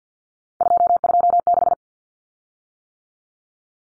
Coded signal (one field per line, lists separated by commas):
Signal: Morse code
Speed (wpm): 50 wpm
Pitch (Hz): 700 Hz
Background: none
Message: 226